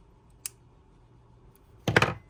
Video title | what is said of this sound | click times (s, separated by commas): Silverware Bracelets Reimagined | I like that little clicky noise because then you know you've done it right. | 0.5 s, 1.9 s, 2.0 s